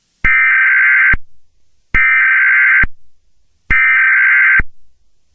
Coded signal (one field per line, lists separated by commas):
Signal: Emergency Alert System (SAME) tones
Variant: header bursts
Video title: EAS Scenario #11: Five Nights At Freddy's 4